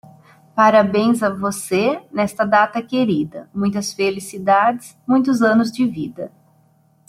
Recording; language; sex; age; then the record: short text; Brazilian Portuguese; female; 30 to 39 years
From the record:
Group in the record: control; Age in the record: 37 years